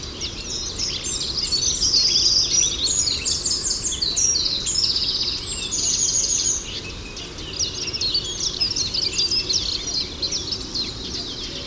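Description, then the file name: Eurasian wren delivering a long, vigorous song of rattling trills and piercing notes, pausing and resuming, with a continuous low hum underneath. "Zaunkoenig"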